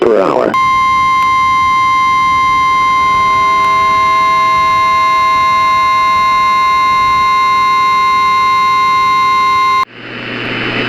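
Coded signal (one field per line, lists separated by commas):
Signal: Emergency Alert System (SAME) tones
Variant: 1050 Hz attention tone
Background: speech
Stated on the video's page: Homemade EAS mocks, not real alerts.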